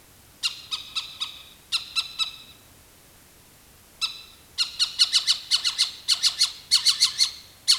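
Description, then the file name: Animal alarm call: rough chattering bursts, sparse at first, then a dense, faster run of scratchy notes toward the end. "SLA alarm"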